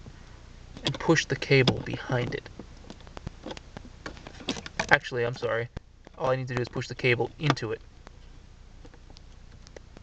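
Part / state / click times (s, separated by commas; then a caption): wiring harness connector into car stereo head unit / not seated / none. Someone talks while handling a stereo wiring cable connector, pushing it toward its socket behind the head unit of a 2005 Hyundai Accent GLS, with a few brief, faint taps and handling noises between phrases. Nothing has seated or clicked into place yet.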